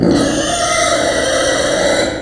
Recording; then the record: squeal of a Yucatan mini pig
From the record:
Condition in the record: before surgery on the right vocal fold (resection and tissue-engineered implant); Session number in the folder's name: 3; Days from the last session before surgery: 0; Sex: female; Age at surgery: 19 weeks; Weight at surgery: 25 kg